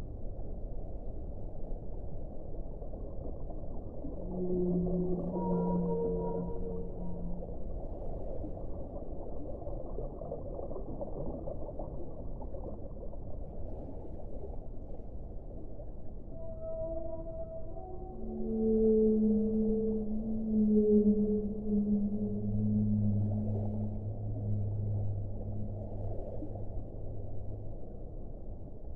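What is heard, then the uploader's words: Whales sing in long, drawn-out moaning tones over a steady low rushing hiss. A few calls rise and hold around five to seven seconds, then after a quieter stretch a louder run of overlapping tones comes from about eighteen seconds, ending on a deep, sustained groan. Singing of whales.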